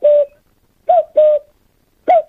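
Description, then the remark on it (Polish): A caller to a Polish Radio Trójka (Program Three) phone-in imitates a cuckoo's call with their voice: four hollow, mid-pitched hooting notes, the middle two paired close together, with short silences between and no other sound. “Ja chciałbym zademonstrować kukułkę i sinogarlicę.”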